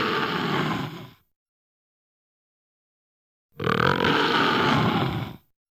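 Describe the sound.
Tiger growling, a coarse, rumbling growl fading out, then after a silent gap a second rough, drawn-out growl of about two seconds.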